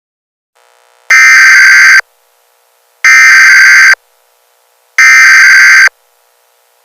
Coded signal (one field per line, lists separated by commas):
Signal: Emergency Alert System (SAME) tones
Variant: header bursts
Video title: Marvel Zombies- Emergency Alert System Scenario